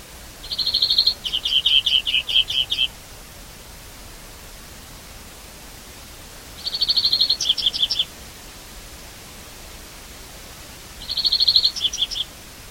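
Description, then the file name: European greenfinch rattling trill leading into a run of clipped, twittering notes, repeated three times against low background noise. "Chloris chloris"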